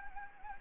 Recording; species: mosquito wingbeat signal from an infrared sensor; Anopheles gambiae